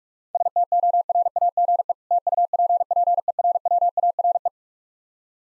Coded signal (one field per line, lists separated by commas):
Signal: Morse code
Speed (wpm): 46 wpm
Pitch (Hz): 700 Hz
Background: none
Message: STORAGE TUPPERWARE